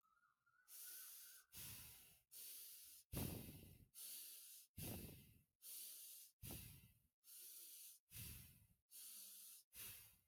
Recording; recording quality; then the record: shallow breathing; moderate, slight background noise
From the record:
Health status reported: healthy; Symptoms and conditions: none ticked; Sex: male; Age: 43 years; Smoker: not ticked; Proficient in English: yes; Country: India